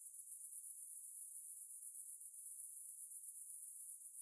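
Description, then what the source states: Steady high-pitched cicada drone, a sizzling buzz throbbing in quick regular pulses without pause. Cicada ambience.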